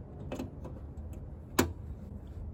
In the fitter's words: yep there he goes I don't know if you heard that big kick but that's it